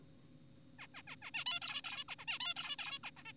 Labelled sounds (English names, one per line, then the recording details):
Zebra Finch
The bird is an adult
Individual g4p5U